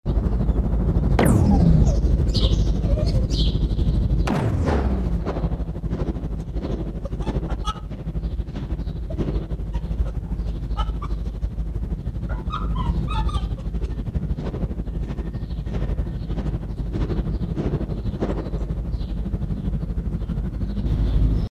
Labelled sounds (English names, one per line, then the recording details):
Arctic Fox
House Sparrow
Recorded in captivity
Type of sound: whine
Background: Passer domesticus
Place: Zoologisches Institut der HUB, Berlin, DE
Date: 1957-04-05 16:00
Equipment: Elmetra
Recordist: Tembrock, Günter
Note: Fuchsanlage: gepresste stoßende Winsellaute ("Nina" ?)